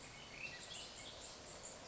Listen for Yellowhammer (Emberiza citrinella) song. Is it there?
no